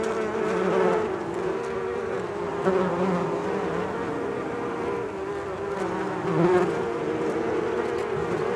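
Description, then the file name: Bees buzzing in a steady hum, tones rising and falling, with a few brief louder swells. "benboncan bees"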